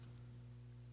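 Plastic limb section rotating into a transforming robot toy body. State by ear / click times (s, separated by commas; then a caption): not seated / none. A plastic leg/foot section of a large transforming robot toy, a Transformers Legacy HasLab Victory Saber, is being spun into the toy body. Only a steady low hum with faint background noise is heard, with no distinct handling sounds. Nothing has seated or clicked yet.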